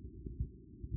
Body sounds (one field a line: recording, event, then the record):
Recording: neck accelerometer signal played as sound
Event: no cough (speech, laughter, throat clearing or background)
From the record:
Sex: male